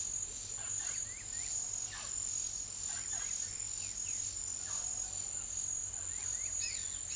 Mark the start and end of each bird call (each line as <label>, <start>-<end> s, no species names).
bird call, 0.00-1.50 s
bird call, 1.82-2.14 s
bird call, 2.82-3.26 s
bird call, 3.77-4.26 s